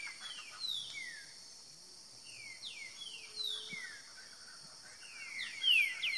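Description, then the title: Green-winged saltator singing short downward-sliding whistles in loose series, over a constant high-pitched insect buzz and scattered calls of other birds. Wild bird singing in the woods, competing in song with another free-living bird. "Trinca Ferro NICÃ O No Mato Disputando Com Solto"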